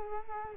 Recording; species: mosquito wingbeat signal from an infrared sensor; Culex quinquefasciatus